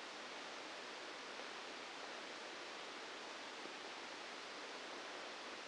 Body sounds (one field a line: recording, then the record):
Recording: brain microelectrode recording played as sound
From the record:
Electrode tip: inside the subthalamic nucleus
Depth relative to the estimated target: -2 mm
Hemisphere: left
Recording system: NeuroSet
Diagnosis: Parkinson's disease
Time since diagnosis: 8 years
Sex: male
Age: 59 years